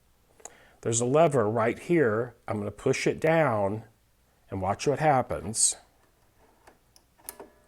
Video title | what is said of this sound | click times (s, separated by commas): Piecing perfect 1/4" seams on your Serger | Those just locked into place. | 7.3 s